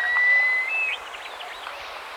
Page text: Himalayan Snowcock Call. Quick Sounds